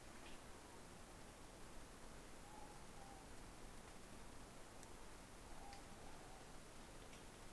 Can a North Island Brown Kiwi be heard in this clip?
no